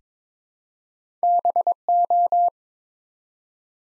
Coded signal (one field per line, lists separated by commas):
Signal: Morse code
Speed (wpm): 23 wpm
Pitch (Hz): 700 Hz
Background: none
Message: BO